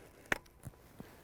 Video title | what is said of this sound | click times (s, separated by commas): How to Maintain My Fiberglass Pool (Video 2 of 5) - Operating the Pump and Filter System | hear that click okay we're ready to go | 0.3 s